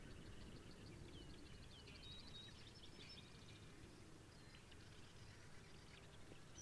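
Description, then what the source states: Brewer's sparrow singing softly, a fast run of repeated high notes early on, followed by a few thin slurred whistles amid low background rumble. Recorded in Sierra Valley in 2009.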